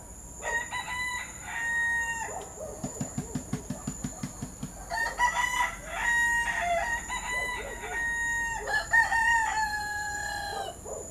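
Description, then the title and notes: Roosters crow repeatedly, long wavering harmonic calls overlapping one another, broken by a burst of rapid rhythmic low pulses. Roosters in Port-au-Prince, Haiti, heard from dawn to dawn; recorded November 2014. "Port-au-Prince ne se tait jamais. De l’aube à l’aube, 2 millions d’habitants, de coqs et de chiens déambulent sur des trottoirs invisibles. Le Bruit et la fureur ASBL, ARTE Radio"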